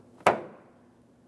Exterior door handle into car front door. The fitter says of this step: We'll listen for an audible click.